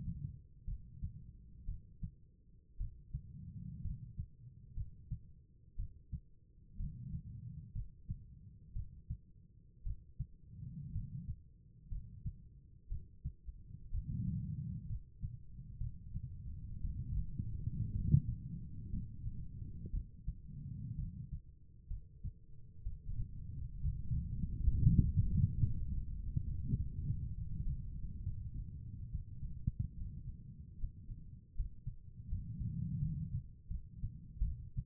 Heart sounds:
heart sounds by stethoscope; 64 bpm
0.65 s: heartbeat
1.65 s: heartbeat
2.77 s: heartbeat
3.82 s: heartbeat
4.74 s: heartbeat
5.76 s: heartbeat
6.77 s: heartbeat
7.72 s: heartbeat
8.73 s: heartbeat
9.83 s: heartbeat
10.92 s: heartbeat
11.89 s: heartbeat
12.88 s: heartbeat
13.91 s: heartbeat
14.87 s: heartbeat
15.78 s: heartbeat
16.81 s: heartbeat
17.92 s: heartbeat
18.90 s: heartbeat
19.91 s: heartbeat
20.96 s: heartbeat
21.88 s: heartbeat
22.83 s: heartbeat
23.81 s: heartbeat
24.70 s: heartbeat
25.55 s: heartbeat
26.45 s: heartbeat
27.35 s: heartbeat
28.23 s: heartbeat
29.10 s: heartbeat
29.96 s: heartbeat
30.78 s: heartbeat
31.55 s: heartbeat
32.28 s: heartbeat
32.99 s: heartbeat
33.68 s: heartbeat
34.41 s: heartbeat
From the record:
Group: healthy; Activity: rest 0-24 s, cold pressor test 24-35 s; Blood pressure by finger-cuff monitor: 100/62 mmHg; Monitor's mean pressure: 73 mmHg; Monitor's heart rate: 62 bpm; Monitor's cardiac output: 4.7 L/min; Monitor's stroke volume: 79 mL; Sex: female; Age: 36 years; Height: 163 cm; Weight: 88 kg

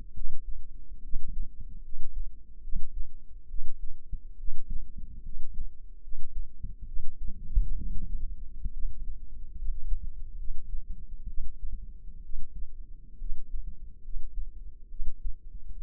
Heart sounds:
heart sounds by microphone in the left ear; 69 bpm
0.13 s: heartbeat
1.02 s: heartbeat
1.82 s: heartbeat
2.61 s: heartbeat
3.47 s: heartbeat
4.36 s: heartbeat
5.22 s: heartbeat
6.01 s: heartbeat
6.85 s: heartbeat
7.77 s: heartbeat
8.72 s: heartbeat
9.56 s: heartbeat
10.37 s: heartbeat
11.27 s: heartbeat
12.22 s: heartbeat
13.18 s: heartbeat
14.02 s: heartbeat
14.89 s: heartbeat
15.77 s: heartbeat
From the record:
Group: healthy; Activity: rest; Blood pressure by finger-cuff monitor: 111/71 mmHg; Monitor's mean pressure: 85 mmHg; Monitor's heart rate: 70 bpm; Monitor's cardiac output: 5.7 L/min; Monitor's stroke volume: 81 mL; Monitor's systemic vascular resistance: 1110 dyn s/cm5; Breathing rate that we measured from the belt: 15 breaths a minute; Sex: female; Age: 22 years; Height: 160 cm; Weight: 45 kg

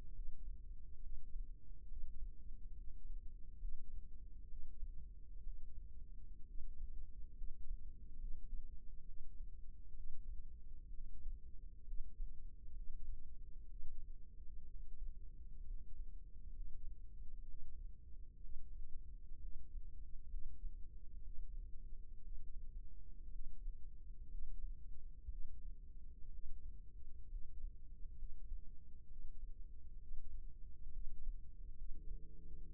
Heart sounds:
heart sounds by microphone in the left ear; 65 bpm
0.15 s: heartbeat
1.03 s: heartbeat
1.89 s: heartbeat
2.77 s: heartbeat
3.61 s: heartbeat
4.50 s: heartbeat
5.45 s: heartbeat
6.48 s: heartbeat
7.38 s: heartbeat
8.20 s: heartbeat
9.07 s: heartbeat
9.95 s: heartbeat
10.93 s: heartbeat
11.88 s: heartbeat
12.76 s: heartbeat
13.70 s: heartbeat
14.69 s: heartbeat
15.67 s: heartbeat
16.55 s: heartbeat
17.47 s: heartbeat
18.42 s: heartbeat
19.41 s: heartbeat
20.31 s: heartbeat
21.24 s: heartbeat
22.23 s: heartbeat
23.33 s: heartbeat
24.31 s: heartbeat
25.31 s: heartbeat
26.32 s: heartbeat
27.31 s: heartbeat
28.19 s: heartbeat
29.09 s: heartbeat
30.00 s: heartbeat
30.94 s: heartbeat
31.78 s: heartbeat
32.70 s: heartbeat
From the record:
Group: healthy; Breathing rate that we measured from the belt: 15 breaths a minute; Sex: male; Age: 22 years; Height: 181 cm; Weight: 79 kg

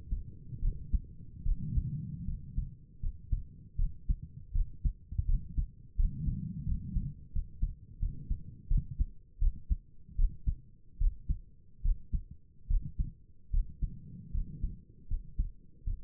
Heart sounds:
heart sounds by stethoscope; 79 bpm
0.61 s: heartbeat
1.44 s: heartbeat
2.26 s: heartbeat
3.01 s: heartbeat
3.77 s: heartbeat
4.53 s: heartbeat
5.27 s: heartbeat
5.97 s: heartbeat
6.66 s: heartbeat
7.33 s: heartbeat
8.00 s: heartbeat
8.69 s: heartbeat
9.40 s: heartbeat
10.17 s: heartbeat
10.99 s: heartbeat
11.83 s: heartbeat
12.68 s: heartbeat
13.52 s: heartbeat
14.32 s: heartbeat
15.08 s: heartbeat
15.85 s: heartbeat
From the record:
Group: healthy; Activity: cold pressor test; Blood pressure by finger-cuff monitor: 91/61 mmHg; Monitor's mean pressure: 71 mmHg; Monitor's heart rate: 79 bpm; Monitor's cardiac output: 6 L/min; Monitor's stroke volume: 77 mL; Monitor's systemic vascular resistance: 840 dyn s/cm5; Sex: female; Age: 22 years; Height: 163 cm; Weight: 67.1 kg

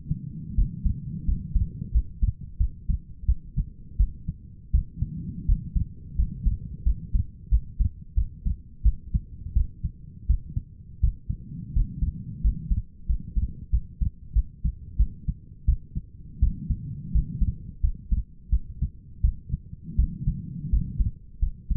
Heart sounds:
heart sounds by stethoscope; 86 bpm
0.56 s: heartbeat
1.26 s: heartbeat
1.93 s: heartbeat
2.58 s: heartbeat
3.27 s: heartbeat
3.98 s: heartbeat
4.72 s: heartbeat
5.47 s: heartbeat
6.17 s: heartbeat
6.84 s: heartbeat
7.50 s: heartbeat
8.15 s: heartbeat
8.84 s: heartbeat
9.54 s: heartbeat
10.28 s: heartbeat
11.02 s: heartbeat
11.74 s: heartbeat
12.42 s: heartbeat
13.07 s: heartbeat
13.71 s: heartbeat
14.34 s: heartbeat
14.98 s: heartbeat
15.66 s: heartbeat
16.41 s: heartbeat
17.13 s: heartbeat
17.82 s: heartbeat
18.51 s: heartbeat
19.22 s: heartbeat
19.97 s: heartbeat
20.71 s: heartbeat
21.40 s: heartbeat
From the record:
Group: healthy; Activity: rest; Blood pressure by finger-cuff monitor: 122/76 mmHg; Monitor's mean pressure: 93 mmHg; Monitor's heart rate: 86 bpm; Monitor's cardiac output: 6.9 L/min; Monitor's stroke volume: 80 mL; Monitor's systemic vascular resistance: 980 dyn s/cm5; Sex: female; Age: 37 years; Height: 168 cm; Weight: 70 kg

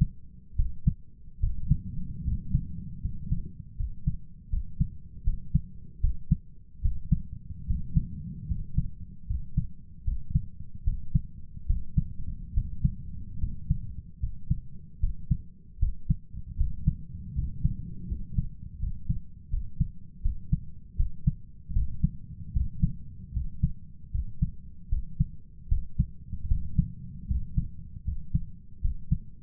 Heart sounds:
heart sounds by stethoscope; 76 bpm
0.55 s: heartbeat
1.39 s: heartbeat
2.23 s: heartbeat
3.00 s: heartbeat
3.75 s: heartbeat
4.49 s: heartbeat
5.23 s: heartbeat
5.99 s: heartbeat
6.81 s: heartbeat
7.65 s: heartbeat
8.46 s: heartbeat
9.26 s: heartbeat
10.03 s: heartbeat
10.83 s: heartbeat
11.65 s: heartbeat
12.53 s: heartbeat
13.39 s: heartbeat
14.19 s: heartbeat
14.99 s: heartbeat
15.78 s: heartbeat
16.56 s: heartbeat
17.34 s: heartbeat
18.07 s: heartbeat
18.78 s: heartbeat
19.49 s: heartbeat
20.21 s: heartbeat
20.95 s: heartbeat
21.72 s: heartbeat
22.52 s: heartbeat
23.32 s: heartbeat
24.10 s: heartbeat
24.88 s: heartbeat
25.67 s: heartbeat
26.47 s: heartbeat
27.26 s: heartbeat
28.03 s: heartbeat
28.80 s: heartbeat
From the record:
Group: healthy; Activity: cold pressor test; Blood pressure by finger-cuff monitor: 113/75 mmHg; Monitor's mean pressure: 85 mmHg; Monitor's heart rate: 76 bpm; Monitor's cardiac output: 6.7 L/min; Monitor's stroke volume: 87 mL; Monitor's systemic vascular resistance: 920 dyn s/cm5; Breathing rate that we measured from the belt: 12 breaths a minute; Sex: male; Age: 23 years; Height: 178 cm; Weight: 96.6 kg

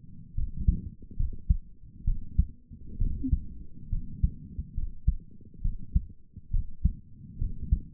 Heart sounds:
heart sounds by stethoscope; 68 bpm
0.34 s: heartbeat
1.16 s: heartbeat
2.04 s: heartbeat
2.98 s: heartbeat
3.89 s: heartbeat
4.74 s: heartbeat
5.61 s: heartbeat
6.50 s: heartbeat
7.38 s: heartbeat
From the record:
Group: healthy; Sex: female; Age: 22 years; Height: 154 cm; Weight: 58.7 kg

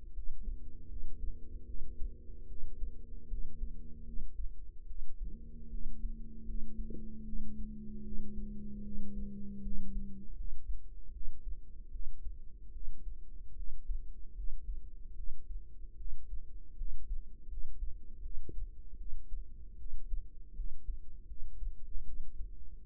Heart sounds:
heart sounds by microphone in the right ear; 77 bpm
0.12 s: heartbeat
0.87 s: heartbeat
1.64 s: heartbeat
2.46 s: heartbeat
3.27 s: heartbeat
4.03 s: heartbeat
4.85 s: heartbeat
5.68 s: heartbeat
6.44 s: heartbeat
7.23 s: heartbeat
8.02 s: heartbeat
8.82 s: heartbeat
9.61 s: heartbeat
10.34 s: heartbeat
11.11 s: heartbeat
11.89 s: heartbeat
12.71 s: heartbeat
13.54 s: heartbeat
14.33 s: heartbeat
15.14 s: heartbeat
15.95 s: heartbeat
16.75 s: heartbeat
17.47 s: heartbeat
18.20 s: heartbeat
18.96 s: heartbeat
19.76 s: heartbeat
20.53 s: heartbeat
21.25 s: heartbeat
22.03 s: heartbeat
22.82 s: heartbeat
From the record:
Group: healthy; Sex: female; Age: 19 years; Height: 163 cm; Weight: 48.9 kg

